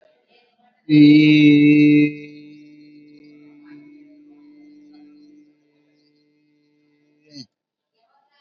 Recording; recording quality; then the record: sustained vowel as in beet; excellent, no background noise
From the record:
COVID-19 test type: RT-PCR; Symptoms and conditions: sore throat, fever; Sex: male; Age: 22 years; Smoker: no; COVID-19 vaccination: one dose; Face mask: worn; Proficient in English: yes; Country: India